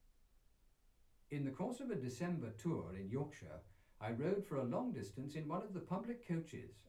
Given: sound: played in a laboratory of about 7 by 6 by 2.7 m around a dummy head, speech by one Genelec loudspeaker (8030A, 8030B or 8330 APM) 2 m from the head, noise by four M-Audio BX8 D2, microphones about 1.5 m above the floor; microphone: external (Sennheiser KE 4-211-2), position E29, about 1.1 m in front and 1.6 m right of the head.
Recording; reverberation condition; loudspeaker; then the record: male speech in English; low; 150 degrees to the left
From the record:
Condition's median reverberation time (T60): about 310 ms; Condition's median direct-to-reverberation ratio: about 3.5 dB